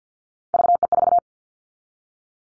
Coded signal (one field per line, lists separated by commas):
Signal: Morse code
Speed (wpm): 50 wpm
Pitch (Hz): 700 Hz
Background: none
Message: VE4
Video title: Callsign Prefixes for Top 100 DXCC 50wpm